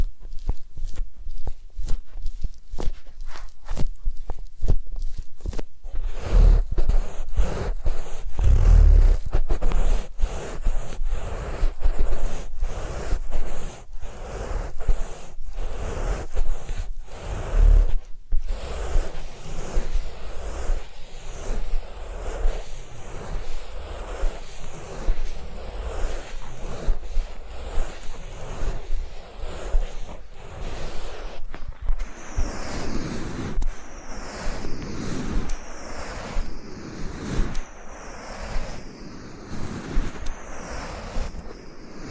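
Massage and ear-cleaning sounds: a quick, fairly regular run of soft taps and rubbing strokes with a low thud underneath. From about 18 seconds the strokes turn denser and scratchier, and after 32 seconds brighter swishing rubs take over.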